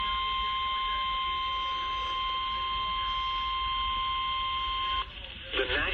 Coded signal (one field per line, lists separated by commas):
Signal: Emergency Alert System (SAME) tones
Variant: 1050 Hz attention tone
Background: speech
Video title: Flash Flood Warning [EAS #221]